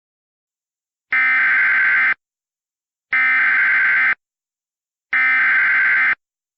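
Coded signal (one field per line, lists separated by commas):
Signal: Emergency Alert System (SAME) tones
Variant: header bursts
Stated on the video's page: Valid EAS tones in a compilation of Hurricane Dorian alerts.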